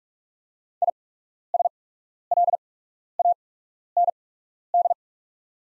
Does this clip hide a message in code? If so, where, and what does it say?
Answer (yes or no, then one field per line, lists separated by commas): yes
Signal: Morse code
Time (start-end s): 0.8-4.9 s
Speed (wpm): 44 wpm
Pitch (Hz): 700 Hz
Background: none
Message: ISLAND